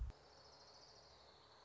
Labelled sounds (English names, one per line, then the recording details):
Orange-crowned Warbler
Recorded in Sonoma County, California